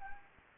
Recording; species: mosquito wingbeat signal from an infrared sensor; Anopheles gambiae